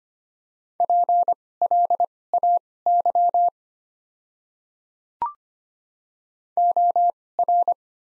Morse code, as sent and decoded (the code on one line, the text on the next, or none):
.--. .-.. .- -.-- / --- .-.
PLAY OR